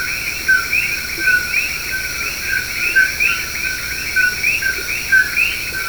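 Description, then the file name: Chorus of common coqui frogs, many brief upward-sweeping chirps overlapping continuously, with a constant high-pitched hum in the background. "coqui"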